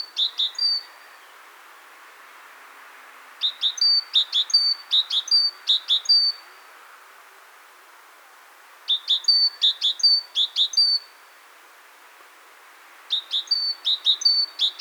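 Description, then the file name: Great tit repeating a bright see-saw phrase, short notes followed by a sustained whistle, in four bouts spaced by short pauses. "Parus major"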